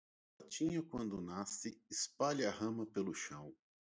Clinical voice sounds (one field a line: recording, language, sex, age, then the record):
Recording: short text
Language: Brazilian Portuguese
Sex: male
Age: 50 to 59 years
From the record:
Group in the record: control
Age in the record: 50 years